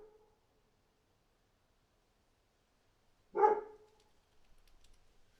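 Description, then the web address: Dog giving one short bark midway, with a faint trailing bark at the start and light tapping afterward. "animals dog barking"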